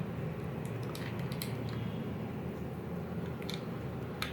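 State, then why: Released. A coin is twisted in the seam of a plastic key fob shell for a 2008–2015 Toyota FJ Cruiser to pry the snap-fit halves apart. Small, sharp clicks are heard at 1.4, 3.5 and 4.2 seconds over a steady low background hiss. The clips give and the shell starts to open.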